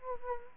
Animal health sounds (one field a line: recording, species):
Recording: mosquito wingbeat signal from an infrared sensor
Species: Anopheles arabiensis